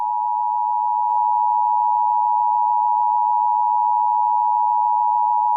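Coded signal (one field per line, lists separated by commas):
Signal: Emergency Alert System (SAME) tones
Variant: 853 and 960 Hz attention tone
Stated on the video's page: Mock Amber Alert for New York.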